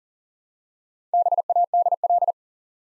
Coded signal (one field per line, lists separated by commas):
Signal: Morse code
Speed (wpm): 39 wpm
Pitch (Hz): 700 Hz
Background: none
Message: BADL